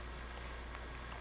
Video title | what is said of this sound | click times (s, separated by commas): How to change the battery in your Liquivision Xen/Xeo/Lynx | and screw it counterclockwise until you hear a click. | 0.8 s